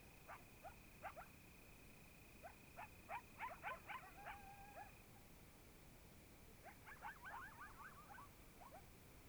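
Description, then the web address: Coyotes giving sharp, irregular yips and short wavering howls in two clusters, over a steady high whine. Coyotes calling quietly, in Oregon, in 2015. "Discover Oregon - Coyotes Coyotes 2015 Medlock Loudest Quiet Coyotes"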